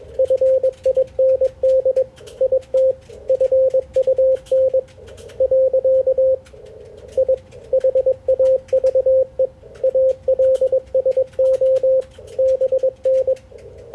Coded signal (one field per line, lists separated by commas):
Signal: Morse code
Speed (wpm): 21 wpm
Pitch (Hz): 520 Hz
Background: radio noise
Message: FIND IT FUN . I HAVE ALSO BN